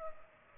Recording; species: mosquito wingbeat signal from an infrared sensor; Culex pipiens